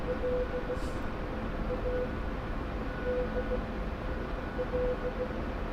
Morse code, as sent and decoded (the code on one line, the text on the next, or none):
.-.. / .- / -.. / .-..
L A D L